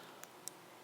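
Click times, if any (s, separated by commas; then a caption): 0.5 s. A crimped wire terminal is pushed into a plastic connector housing for a machine dash harness until it locks. A faint tick at 0.2 s comes before a sharper, brighter click at 0.5 s, when the terminal seats. No one talks in the clip.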